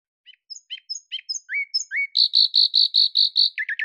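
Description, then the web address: Bird song: sharp high chirps and two rising whistles, then a steady run of clear repeated notes ending in a quick burst of falling chirps. "Deverinetal 2025"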